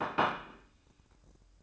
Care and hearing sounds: daily activity, microphone in the room; place plate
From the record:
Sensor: 2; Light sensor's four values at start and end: 7/17/7/8 and 7/18/7/8

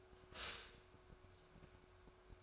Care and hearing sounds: daily activity, microphone in the room; stop toaster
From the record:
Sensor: 2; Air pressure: 1014.6 hPa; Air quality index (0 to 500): 202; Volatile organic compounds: 22 ppm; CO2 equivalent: 2768 ppm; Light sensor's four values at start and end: 3/9/3/3 and 3/9/3/3

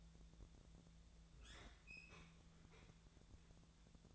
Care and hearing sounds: daily activity, microphone in the room; open fridge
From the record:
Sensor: 3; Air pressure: 1000.1 hPa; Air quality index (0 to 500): 132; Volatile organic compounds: 2 ppm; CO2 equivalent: 1178 ppm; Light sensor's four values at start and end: 44/111/47/52 and 44/111/47/52

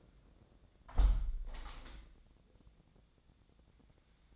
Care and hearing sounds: daily activity, microphone in the room; close window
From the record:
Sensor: 3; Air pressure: 1012.3 hPa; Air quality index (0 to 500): 141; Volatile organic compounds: 2 ppm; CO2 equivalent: 1091 ppm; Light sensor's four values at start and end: 298/726/303/299 and 297/726/302/298

